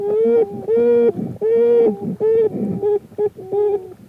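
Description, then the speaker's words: American beaver young moaning: loud, drawn-out nasal wails in quick succession, some with a lower second tone, with noisy sounds in the gaps. Young beavers moaning plaintively, usually heard at night from inside the dome-like den. "It is the plaintive moaning of the young, which is usually heard at night, coming from inside the beaver's dome-like den."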